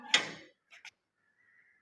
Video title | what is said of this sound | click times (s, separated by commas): Hide & Seek Challenge again -Aoun Ayzal having fun 🥳☺ wid cousins #funtime #cousinsfun #foryou #yt | हो गया lock हो गया। | 0.1 s